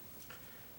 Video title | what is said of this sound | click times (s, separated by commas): DBoys PDW Review | and locks into place over here in order to unfold the stock simply grab the stock | 0.3 s